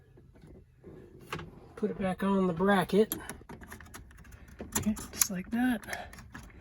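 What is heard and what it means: A new LED-compatible turn signal flasher relay is handled and pushed back toward its metal mounting bracket behind the dashboard of a Ford Super Duty F-350 during an LED lighting upgrade. Someone talks over soft handling rustles and brief small taps. Nothing has seated or clicked onto the bracket yet.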